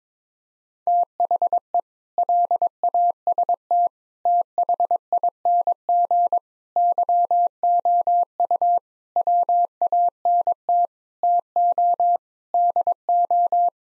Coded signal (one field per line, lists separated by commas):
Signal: Morse code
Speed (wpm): 22 wpm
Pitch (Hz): 700 Hz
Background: none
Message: THE LAST THING YOU WANT TO DO